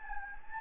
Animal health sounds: mosquito wingbeat signal from an infrared sensor; Anopheles gambiae

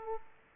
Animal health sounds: mosquito wingbeat signal from an infrared sensor; Aedes aegypti

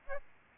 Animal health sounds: mosquito wingbeat signal from an infrared sensor; Aedes albopictus

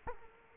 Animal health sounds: mosquito wingbeat signal from an infrared sensor; Culex quinquefasciatus

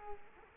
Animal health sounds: mosquito wingbeat signal from an infrared sensor; Culex quinquefasciatus

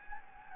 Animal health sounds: mosquito wingbeat signal from an infrared sensor; Anopheles gambiae

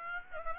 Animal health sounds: mosquito wingbeat signal from an infrared sensor; Aedes aegypti

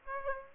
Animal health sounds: mosquito wingbeat signal from an infrared sensor; Aedes aegypti

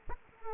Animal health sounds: mosquito wingbeat signal from an infrared sensor; Culex quinquefasciatus

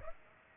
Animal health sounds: mosquito wingbeat signal from an infrared sensor; Aedes aegypti

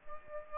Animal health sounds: mosquito wingbeat signal from an infrared sensor; Aedes aegypti

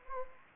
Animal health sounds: mosquito wingbeat signal from an infrared sensor; Anopheles gambiae

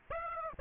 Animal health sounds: mosquito wingbeat signal from an infrared sensor; Aedes aegypti

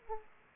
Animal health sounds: mosquito wingbeat signal from an infrared sensor; Aedes aegypti

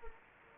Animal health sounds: mosquito wingbeat signal from an infrared sensor; Anopheles gambiae

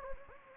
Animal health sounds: mosquito wingbeat signal from an infrared sensor; Anopheles gambiae

